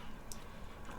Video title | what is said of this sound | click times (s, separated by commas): LEMO 2 by Eleaf Review | close it off until it snaps | 0.3 s